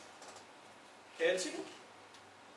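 A shield circuit board's male header pins are pressed onto the sockets of an Arduino board while someone talks, with a brief burst of faint handling noise around 1.2–1.6 s. The shield has not seated or clicked into place yet.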